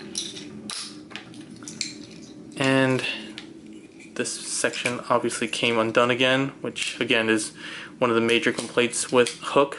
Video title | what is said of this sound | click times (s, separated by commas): Transformers Review: Combiner Wars Titan Class Devastator | open them up until they click into place | 1.8 s